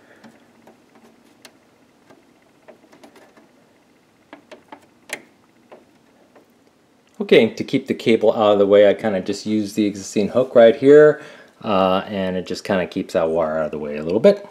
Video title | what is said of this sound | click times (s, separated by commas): How to Install a Solid State Hard Drive into your Computer | So you hear a snap going in once we put this in. | 5.1 s